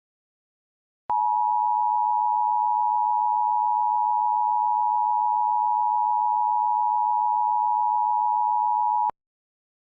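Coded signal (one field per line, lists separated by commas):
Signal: Emergency Alert System (SAME) tones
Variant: 853 and 960 Hz attention tone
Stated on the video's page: Fictional EAS scenario about a scary creature, with sirens credited to other creators.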